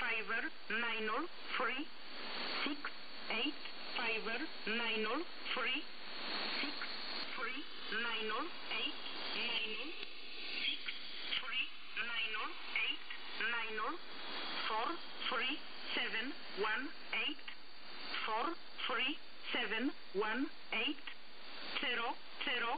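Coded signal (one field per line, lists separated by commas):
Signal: numbers station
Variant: E11a, English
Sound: a voice reading groups of spoken digits at a steady, even pace over radio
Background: radio static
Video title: Number Station E11a, 6923 KHz USB, voice message. Номерная станция E11a (SDR RTL2832U)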